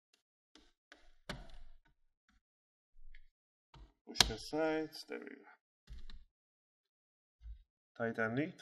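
During reassembly of an HP Folio 13 laptop, the top cover (plastic/metal case) is pressed down at the corners and middle onto the base chassis so its retaining clips snap in. Short tap-like clicks are heard at about 0.6, 0.9 and 1.3 seconds, followed by more light taps while someone talks. The top cover clips are seated into the laptop base.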